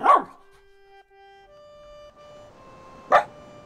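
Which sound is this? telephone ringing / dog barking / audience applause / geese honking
dog barking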